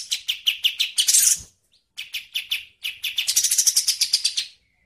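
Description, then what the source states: Bird song: spaced high chirps leading into a harsh shrill flourish, a pause, then a quickening run of bright notes that blurs into a rapid trill. Bird sounds used for training songbirds (masteran).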